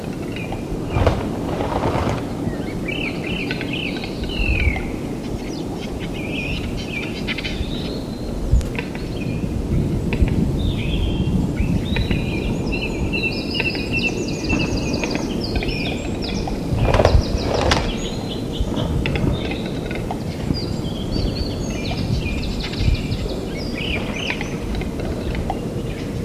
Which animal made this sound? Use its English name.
Western Capercaillie